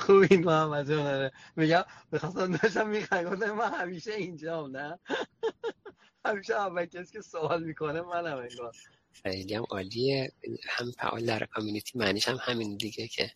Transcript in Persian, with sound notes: خوبین محمد جان؟ آره میگم میخواستم بفهمم میخندیدین. ما همیشه اینجا هستیم نه؟ (خنده) همیشه اولین کسی که سؤال میکنه منم انگار.
خیلی هم عالیه. همین فعال در کمیونیتی معنیشم همین دیگه که.